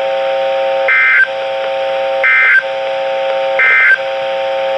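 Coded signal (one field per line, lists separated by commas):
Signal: Emergency Alert System (SAME) tones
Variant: end-of-message bursts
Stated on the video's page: Severe thunderstorm warning for Oklahoma counties, received from NOAA Weather Radio station WXK22.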